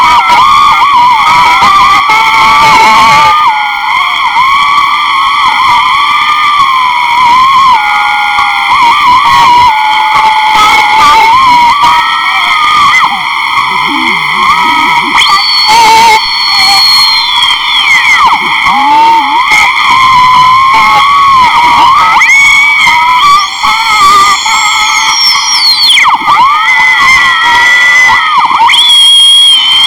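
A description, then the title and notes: Shortwave radio hisses steadily under a wavering whistle and layered buzzing tones, with brief crackles and sliding squeals throughout the thirty seconds. Shortwave radio by ERH.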